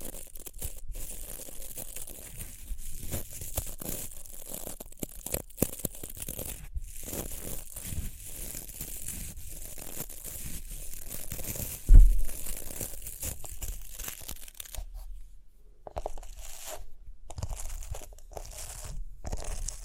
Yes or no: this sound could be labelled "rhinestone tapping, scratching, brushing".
yes